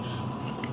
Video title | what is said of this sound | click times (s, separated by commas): Tank replacements | okay so we got the new one and like I said it just pops into place | 0.6 s